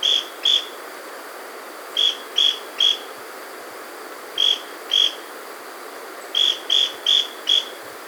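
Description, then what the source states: Scale-crested pygmy tyrant calls: short, sharp, high notes given in groups of two to four with pauses between groups, over a steady background hiss. Recorded in South America.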